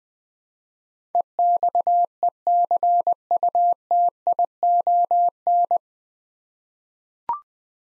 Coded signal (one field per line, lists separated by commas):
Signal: Morse code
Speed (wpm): 20 wpm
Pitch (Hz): 700 Hz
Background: none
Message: EXECUTION